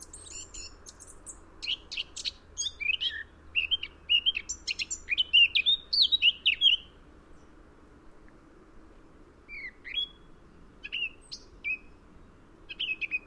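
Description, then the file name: Eurasian blackcap song: a long, jumbled warble of sharp and fluty notes lasting about seven seconds, then quieter single notes and short bursts. "Sylvia atricapilla"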